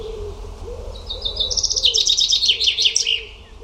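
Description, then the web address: Bird song: a short lead-in of thin notes swells into a loud, fast, high-pitched trill of repeated notes lasting under two seconds, with soft lower notes in the background. "cianscape birddata Deverinetal 2025 File origin Bird Only"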